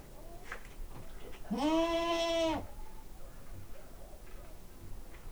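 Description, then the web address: Domestic goat bleat: one long, nasal cry lasting about a second, with faint rustling and knocks of a stable around it. Farmyard goat recorded in a stable atmosphere. "allathangok parasztudvar hazikecske kecske olhangulat"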